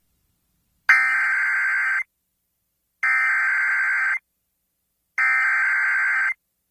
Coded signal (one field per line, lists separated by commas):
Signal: Emergency Alert System (SAME) tones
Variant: header bursts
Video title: An insane small Marginal Risk in Carolinas: EAS Alerts from 6/30/26